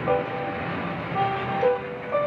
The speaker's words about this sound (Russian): Двери закрываются. Автобус уезжает.